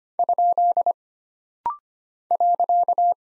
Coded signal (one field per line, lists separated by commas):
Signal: Morse code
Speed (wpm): 25 wpm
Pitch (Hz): 700 Hz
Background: none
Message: ? .